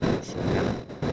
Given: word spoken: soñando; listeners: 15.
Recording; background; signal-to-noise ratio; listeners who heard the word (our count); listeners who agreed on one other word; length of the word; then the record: one Spanish word in noise, from a listening test; noise modulated by three-talker babble; -7.2 dB; 0 of 15; 10 of 15; 0.72 s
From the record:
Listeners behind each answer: 10, 1, 1, 1, 1, 1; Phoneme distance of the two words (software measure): 34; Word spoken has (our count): 3 syllables, 7 phonemes, stress on syllable 2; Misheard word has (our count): 2 syllables, 5 phonemes, stress on syllable 2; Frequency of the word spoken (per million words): 5.94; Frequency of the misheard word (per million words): 12.39